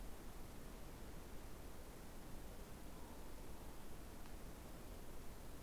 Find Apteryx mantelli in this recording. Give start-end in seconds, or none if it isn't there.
none